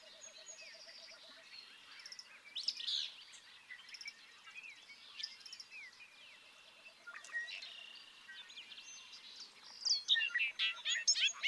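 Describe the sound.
Bobolink song, faint tinkling, jumbled notes through most, rising into a louder bubbly burst at the end.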